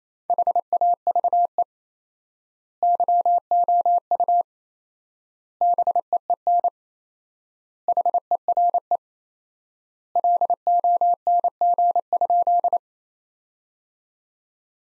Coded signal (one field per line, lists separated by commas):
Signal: Morse code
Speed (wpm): 28 wpm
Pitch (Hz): 700 Hz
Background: none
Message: HAVE YOU BEEN HERE LONG?